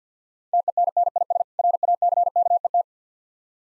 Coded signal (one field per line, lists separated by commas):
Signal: Morse code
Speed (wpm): 50 wpm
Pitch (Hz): 700 Hz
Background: none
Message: TENNIS RACKET